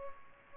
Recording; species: mosquito wingbeat signal from an infrared sensor; Culex pipiens